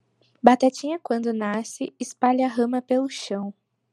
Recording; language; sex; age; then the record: short text; Brazilian Portuguese; female; 20 to 29 years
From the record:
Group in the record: control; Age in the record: 24 years